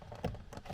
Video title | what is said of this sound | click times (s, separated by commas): Land Rover Defender L663 Fusebox Locations - Engine / Glovebox / Boot | Oh, there you go, it's clicked into place. | 0.2 s